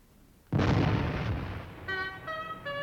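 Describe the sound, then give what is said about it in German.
One loud cannon shot bursts out abruptly and rolls off in a long, rumbling decay, then sustained bright, tonal notes rise over the fading boom. “Lasst den Kanonendonner ihn erwecken.”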